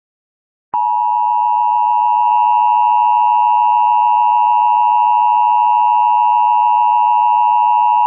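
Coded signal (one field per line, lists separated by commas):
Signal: Emergency Alert System (SAME) tones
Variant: 853 and 960 Hz attention tone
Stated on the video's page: Fictional EAS scenario.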